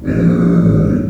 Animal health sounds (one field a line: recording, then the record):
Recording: squeal of a Yucatan mini pig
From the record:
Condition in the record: after surgery on the right vocal fold (resection and tissue-engineered implant)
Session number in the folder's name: 6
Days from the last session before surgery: 40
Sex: female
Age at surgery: 19 weeks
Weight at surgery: 25 kg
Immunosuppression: prednisolone